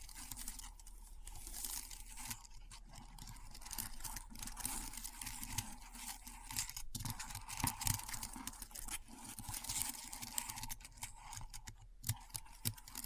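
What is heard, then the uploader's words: Keyboard typing runs steadily through the whole stretch, a dense, quick patter of small bright clicks with no real pauses. A low hum sits underneath, and the keys come in brief bursts that thin out for a moment near the seventh and twelfth seconds. ASMR Keyboard Sounds (No Talking).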